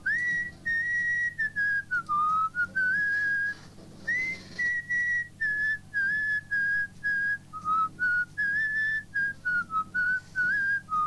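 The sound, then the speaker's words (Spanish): Someone whistles a pop song melody alone, a clear, fairly high tune in short phrases with brief pauses, the pitch stepping up and down over about eleven seconds. “Y este es su silbido.”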